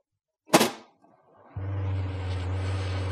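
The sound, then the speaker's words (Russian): A sharp pop, then a moment of quiet, and an Eclair foam fire extinguisher starts a steady, loud hiss without producing any foam, with a low droning undertone that carries on unbroken to the end. No one speaks. “Не вижу пены. Одно шипение.”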